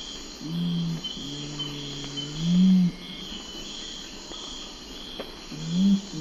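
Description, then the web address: Nocturnal curassow song of deep, low humming hoots, some swelling louder, over a steady high insect chorus. Eastern lowlands of South America. "Natures Songs S America Eastern Lowlands Nothocrax urumutum, song"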